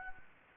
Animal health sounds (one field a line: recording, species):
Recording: mosquito wingbeat signal from an infrared sensor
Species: Anopheles gambiae